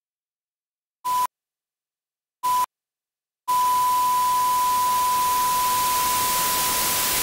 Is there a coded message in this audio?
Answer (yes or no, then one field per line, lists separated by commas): no